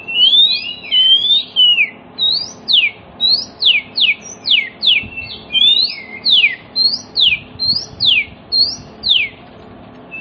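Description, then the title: Oriental magpie-robin song of loud downslurred whistles repeated roughly twice a second, opening with twisting warbled phrases, with a faint background hum. Song played as a lure to prompt other magpie-robins, including ones that have stopped singing, to answer and sing within about five minutes. "Cukup Hitungan Menit Kacer Lain Bisa Bunyi. CUKUP 5 Menit Kacer LAIN NYAUT JADI GACOR, PANCINGAN KACER MACET BUNYI"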